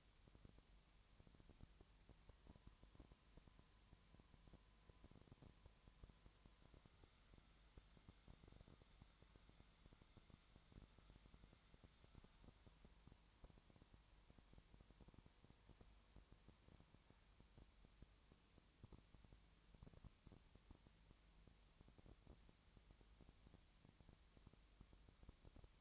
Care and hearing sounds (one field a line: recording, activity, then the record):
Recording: daily activity, microphone in the room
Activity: no activity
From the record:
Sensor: 3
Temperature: 20.6 degrees Celsius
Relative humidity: 34.7%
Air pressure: 1007.2 hPa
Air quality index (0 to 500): 137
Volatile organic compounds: 3 ppm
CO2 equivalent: 1527 ppm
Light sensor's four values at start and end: 2/3/2/2 and 2/3/2/2